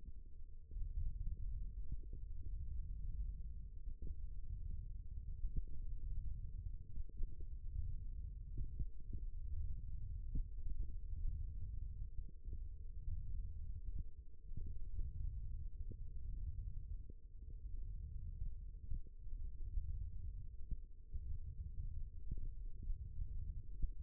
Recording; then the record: forearm muscle sounds (acoustic myography)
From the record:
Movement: thumb flexion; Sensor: system 1, eight BSWA MPA416 microphones around the upper forearm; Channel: 7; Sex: male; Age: 18 years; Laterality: right